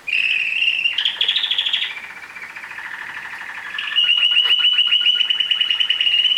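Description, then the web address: Domestic canary song: a held high note, then buzzy lower rolls, then a loud rapid trill of repeated chips carrying on to the end. "Bird Songs Canary Canary-Guitar"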